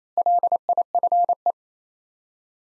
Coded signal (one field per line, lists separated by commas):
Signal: Morse code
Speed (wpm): 28 wpm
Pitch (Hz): 700 Hz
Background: none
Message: LIFE